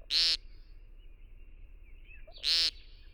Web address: Nature Songs N America Songs of Birds of North America Know Your Bird Sounds Common Western Species American Woodcock